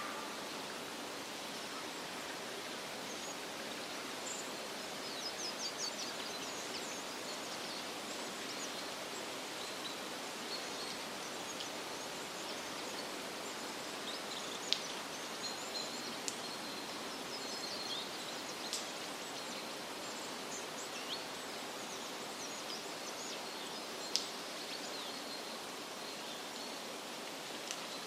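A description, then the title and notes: Woodland ambience with a steady, even hiss filling the whole clip, like rushing air or distant water. Faint, high bird chirps flicker through it, clustering around six to eight seconds, with a few sharp ticks near fifteen and twenty-four seconds. Woodland Ambience and Soothing Bird Chirping.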